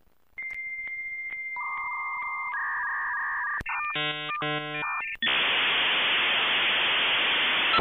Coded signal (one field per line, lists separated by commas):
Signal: dial-up modem handshake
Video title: Old modem dial up sound